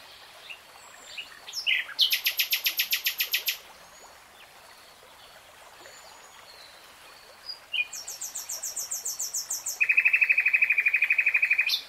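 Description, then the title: Nightingale song: bursts of fast repeated notes in rattling trills, followed by a lower, steady run of rapid clicking notes near the end. Nightingale singing in real time. "[Tiếng chim hót] 3 Hours REALTIME Nightingale Singing"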